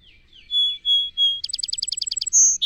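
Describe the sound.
Song sparrow song: three whistled notes, then a fast rattling trill of many short notes and a closing high note.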